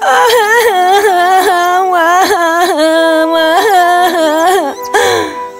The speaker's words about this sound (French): Elle avait mal et se sentait désespérée. Alors, elle se mit à pleurer.